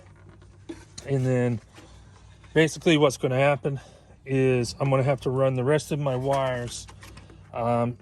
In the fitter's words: and just line it up press it in until you hear it click